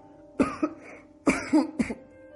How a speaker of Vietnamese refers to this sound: Thế Huân cố ý ho khan hai tiếng thật là mạnh